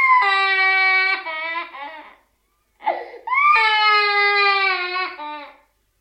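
A 14-month-old baby boy crying: two long, high-pitched wailing cry bursts with trailing sobs, separated by a gasp.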